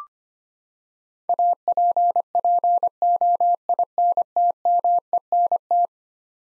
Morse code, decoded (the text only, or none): APPOINTMENT